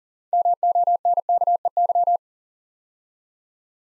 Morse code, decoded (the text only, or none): MONKEY